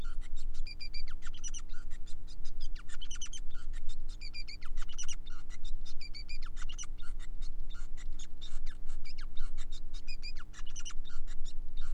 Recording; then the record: song of a male Bengalese finch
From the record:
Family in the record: son of father 5